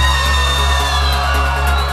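A crowd on a dance floor screams and whoops continuously, as asked to scream as loud as they can, over loud, steady techno music with a heavy, droning bass, the cheering blending into a dense wall of sound for the full two seconds.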